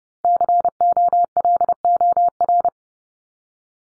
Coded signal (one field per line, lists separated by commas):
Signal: Morse code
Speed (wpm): 30 wpm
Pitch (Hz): 700 Hz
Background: none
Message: COLOR